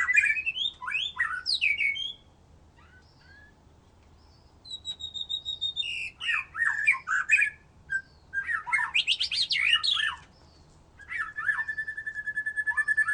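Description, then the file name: White-rumped shama delivering bursts of varied song: fast tumbling whistles, a thin high whistle, chattering runs and a final series of quick repeated notes, separated by pauses. "murai batu"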